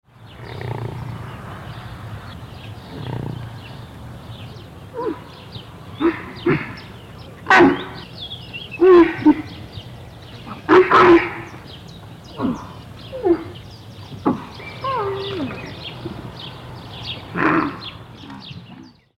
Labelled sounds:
One-humped Camel
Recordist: Tembrock, Günter
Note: Laute im agonistischen Verhalten

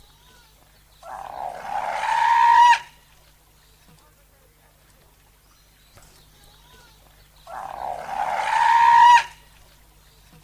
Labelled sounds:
South American Fur Seal call
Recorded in captivity
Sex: female
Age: adult
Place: Zoo Halle, Sachsen-Anhalt, DE
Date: 2007-10-08 15:35
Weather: sunny, 14°C
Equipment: Sony WM-D6C, Sennheiser ME 80, Kopie Uher 4000 Report Monitor
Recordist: Tembrock, Günter

